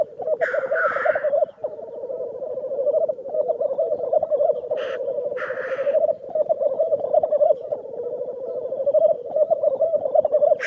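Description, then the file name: Black grouse, a rolling, gurgling coo, with short hissing sneezes near the start, in the middle and at the very end. "Digiffects Sound Effects Library - Black Grouse Bird"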